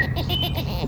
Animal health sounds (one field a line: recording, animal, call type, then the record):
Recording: contact call of a hoofed animal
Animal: goat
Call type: low-frequency (closed-mouth) or high-frequency (open-mouth) call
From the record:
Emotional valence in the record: negative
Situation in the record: short social isolation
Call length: 0.88 s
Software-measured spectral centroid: 3390 Hz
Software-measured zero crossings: 2250 a second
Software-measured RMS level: -24 dBFS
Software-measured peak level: -9 dBFS